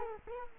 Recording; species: mosquito wingbeat signal from an infrared sensor; Culex quinquefasciatus